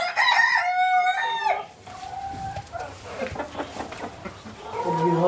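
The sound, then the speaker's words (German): A rooster lets out a loud, wavering crow lasting over a second, followed by scattered chicken clucks and murmuring, with another rising call starting at the end, on a farm near Ursult in Småland, southern Sweden. “Die Henne hier brütet, da muss man immer etwas aufpassen, dass sie einen nicht angreift.”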